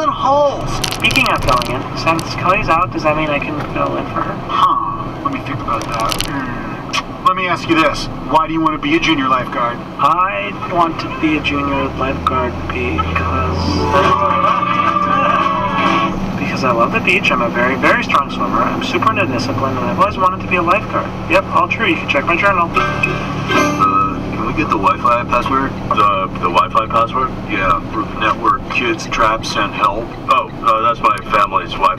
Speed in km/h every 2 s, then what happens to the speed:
78, 75, 61, 52, 43, 39, 43, 47, 51, 52, 53, 55, 54, 54, 52, 42.
0-9 brakes to 39. 9-23 speeds up to 55. 23-32 slows to 42.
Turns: none.